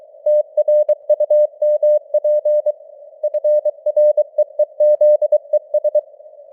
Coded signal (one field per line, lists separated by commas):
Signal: Morse code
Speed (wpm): 23 wpm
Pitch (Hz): 600 Hz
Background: none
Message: TRUMP FREEZES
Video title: Morse Code News | 2025-10-04 | 23wpm